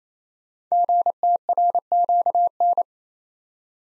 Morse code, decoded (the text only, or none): GTRQN